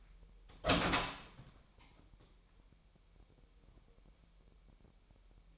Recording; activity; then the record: daily activity, microphone in the room; open door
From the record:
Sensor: 1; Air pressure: 998.4 hPa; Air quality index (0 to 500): 135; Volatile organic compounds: 4 ppm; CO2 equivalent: 1614 ppm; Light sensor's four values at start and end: 18/61/24/25 and 18/60/24/25